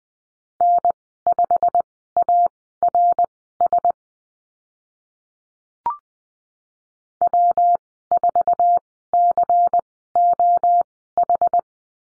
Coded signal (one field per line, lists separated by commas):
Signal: Morse code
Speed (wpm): 19 wpm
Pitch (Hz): 700 Hz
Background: none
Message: N5ARS W4COH